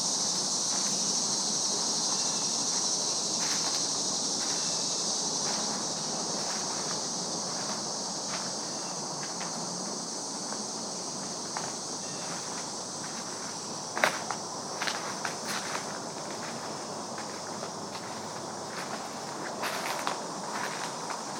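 A walk through the woods at early evening, with a steady bright insect hiss running throughout and a soft rushing wash underneath. Light crunching footsteps and rustles come and go, growing sharper and more frequent after about fourteen seconds.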